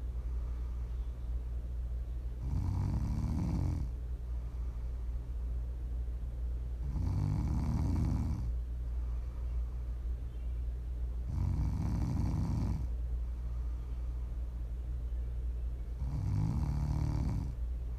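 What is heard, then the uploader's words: Slow, regular snoring, four deep rumbling breaths about every four and a half seconds, over a steady low hum. Prime ASMR snoring.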